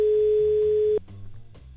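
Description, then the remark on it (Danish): A single steady, mid-pitched telephone ringing tone sounds for about a second while calling the home of someone off sick, then cuts off, leaving soft background music. “Og vi ringede hjem.”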